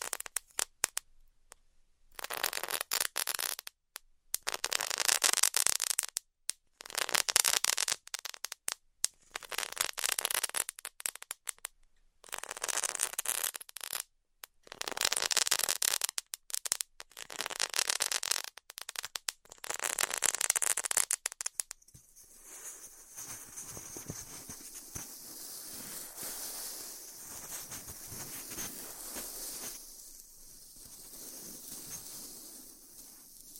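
Styrofoam heat cutting: bursts of bright crackling hiss in repeated strokes for about twenty seconds, then a quieter, steadier low hiss.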